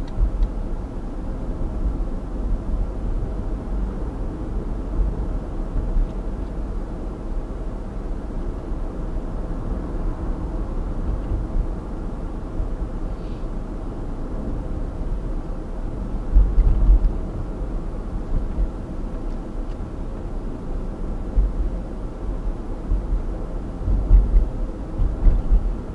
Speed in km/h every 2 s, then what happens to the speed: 44, 45, 46, 47, 46, 46, 47, 46, 45, 46, 45, 43, 43.
0-26 steady at about 46.